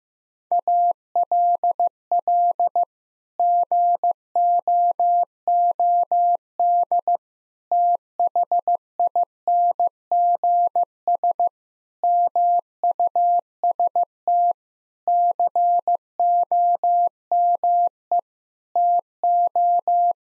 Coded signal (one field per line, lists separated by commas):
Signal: Morse code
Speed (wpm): 15 wpm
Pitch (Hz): 700 Hz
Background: none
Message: ALL GOOD THINGS MUST COME TO